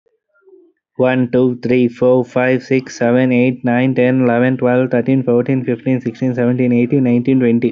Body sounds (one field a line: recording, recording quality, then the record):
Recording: counting at a fast pace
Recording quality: moderate, slight background noise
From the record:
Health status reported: healthy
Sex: male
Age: 23 years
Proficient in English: yes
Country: India